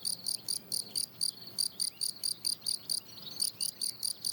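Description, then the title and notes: Field cricket singing in an even rhythm, bright high chirps in quick succession, with one brief pause before the chirping resumes. Lone, fairly isolated individual singing in good rhythm, 27 June 2018, 10:00, already 23 °C on a very hot day, plateau de Lesches en Diois, France; Nagra Seven and MKH8040. "Observation sonore - Un grillon champêtre. 27 juin 2018, plateau de Lesches en Diois. chants des grillons champêtres (Gryllus campestris)"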